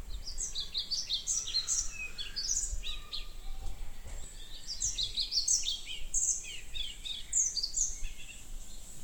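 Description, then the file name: European pied flycatcher song: short, high, sweet phrases repeated several times, over a low steady background rumble. "Bonte Vliegenvanger"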